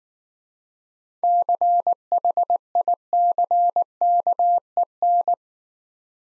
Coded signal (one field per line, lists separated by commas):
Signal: Morse code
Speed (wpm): 19 wpm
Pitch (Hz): 700 Hz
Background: none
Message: CHICKEN